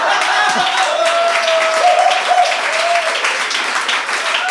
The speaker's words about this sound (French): Et les gens qui applaudissent bêtement.